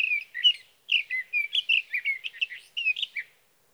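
Sage thrasher warbling rapidly, a steady stream of varied whistled and slurred notes with a brief gap near the start, background otherwise silent.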